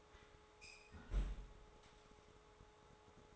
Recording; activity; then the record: daily activity, microphone in the room; close fridge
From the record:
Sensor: 3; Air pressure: 1004.6 hPa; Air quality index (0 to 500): 193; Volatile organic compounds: 13 ppm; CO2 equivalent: 2418 ppm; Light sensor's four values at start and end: 5/12/4/4 and 5/12/4/4